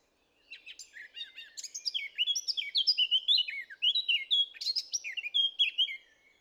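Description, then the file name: Eurasian blackcap singing a long warble, quick scratchy chatter that moves into rich, clear fluted phrases. "Sylvia atricapilla"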